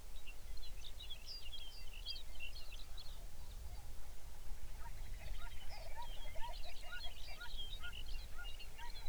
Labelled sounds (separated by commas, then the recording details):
songbird, waterfowl, grouse or ptarmigan
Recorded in the Arctic National Wildlife Refuge, Alaska, on 23 May 2019 at 05:05
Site 49